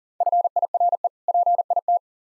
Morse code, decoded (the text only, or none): FIRE PIT